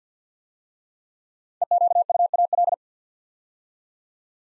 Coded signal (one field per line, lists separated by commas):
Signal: Morse code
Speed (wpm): 53 wpm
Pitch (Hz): 700 Hz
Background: none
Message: EQUAL